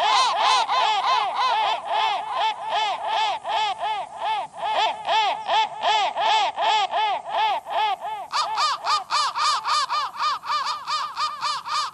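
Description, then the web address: Crow cawing continuously for twelve seconds, harsh nasal notes about three per second, a higher-pitched run taking over near the end. "soundfactory crow"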